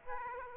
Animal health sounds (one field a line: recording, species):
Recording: mosquito wingbeat signal from an infrared sensor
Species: Aedes aegypti